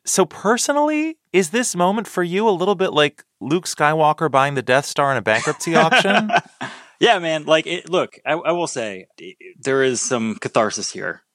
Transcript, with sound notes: So personally, is this moment for you a little bit like Luke Skywalker buying the Death Star in a bankruptcy auction?
(Laughter) Yeah, man. Like, look, I will say, there is some catharsis here.